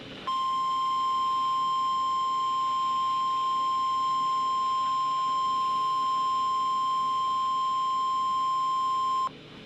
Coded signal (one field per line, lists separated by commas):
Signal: Emergency Alert System (SAME) tones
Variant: 1050 Hz attention tone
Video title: Severe Thunderstorm Warning 4 On KXI46 3/22/2026 (EAS #3,118)